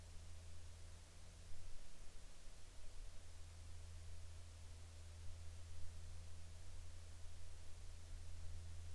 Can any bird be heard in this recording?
no